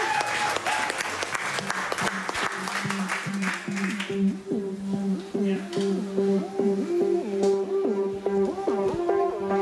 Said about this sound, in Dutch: Een groot applaus